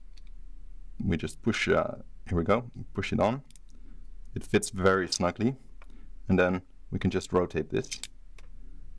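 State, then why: Seated. A bicycle odometer unit (bike computer) compatible with the Cordo CRD S is pushed snugly onto an Ultimaker 3D-printed plastic handlebar mount while someone talks, then rotated until it locks. A single sharp tick at 8.4 s marks it snapping into place, seated, with its spring-loaded contacts pressed down.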